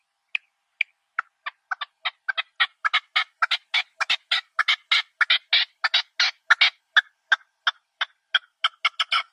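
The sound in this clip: Partridge song: a run of rough chuck notes that speeds up into a dense, loud burst, then eases into slower, spaced notes.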